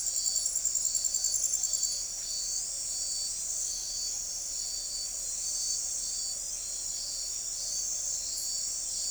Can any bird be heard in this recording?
no